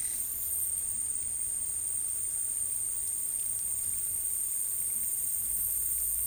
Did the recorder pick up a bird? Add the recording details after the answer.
no. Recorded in dense forest near Puerto Asís, Putumayo, Colombia, on 23 June 2025 at 14:00. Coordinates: 0.503, -76.323. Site G059